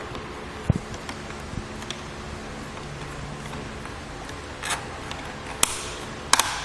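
A torque-limiting tool finishes tightening the tower bolt of a Yakima RidgeLine roof rack for flush rails on a 2015 GMC Acadia, after a long tightening. Faint ticks sit over a steady low hum until loud, sharp clicks ring out at 5.6 s and 6.3 s. The tool has clicked, and the bolt is at its set torque.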